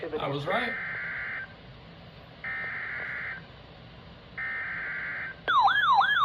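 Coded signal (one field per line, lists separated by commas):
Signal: Emergency Alert System (SAME) tones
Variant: header bursts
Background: speech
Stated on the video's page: Severe thunderstorm warning received over a NOAA weather radio station.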